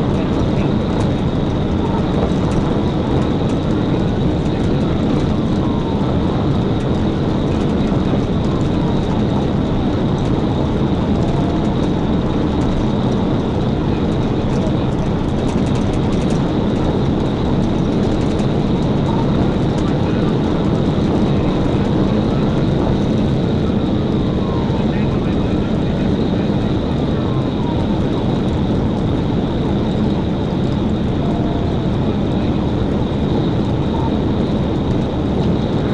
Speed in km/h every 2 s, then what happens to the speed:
222, 224, 224, 224, 224, 222, 222, 222, 222, 224, 225, 225, 225, 224, 224, 224, 224, 224.
0-36 steady at about 224.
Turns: none.